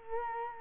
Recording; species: mosquito wingbeat signal from an infrared sensor; Culex quinquefasciatus